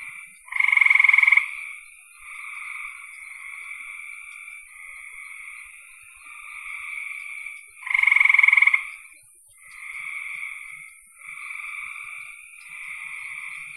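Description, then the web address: Frog calls: two loud, rapidly pulsed bursts about a second long, several seconds apart, over a steady chorus of softer, high trilling from other frogs. "cn frogs"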